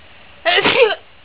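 A single explosive burst of about half a second, sharp at onset and then trailing off, with a slightly voiced, breathy quality. It is one sneeze from an adult woman, with only faint room noise before and after.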